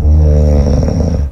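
A single loud, low-pitched rumbling snore from an adult lasts just over a second, steady and buzzing at first, then rougher and rattling toward the end: the noise of relaxed upper-airway tissues vibrating as air passes during sleep.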